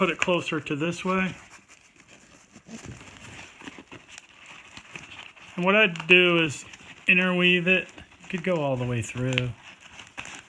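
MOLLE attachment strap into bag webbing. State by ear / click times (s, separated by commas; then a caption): not seated / none. A MOLLE attachment strap is woven through the webbing of a bag and lined up before it is locked into place. Someone talks while faint crinkling and brief ticks of strap handling are heard between the words. Nothing has seated or clicked yet.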